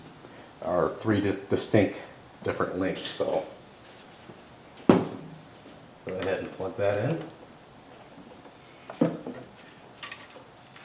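A spark plug wire end is handled at the ignition coil of a Pontiac 2.2 engine while someone talks, with a sharp knock near 4.9 s and a few softer handling taps later. The wire has not snapped or seated into the coil yet.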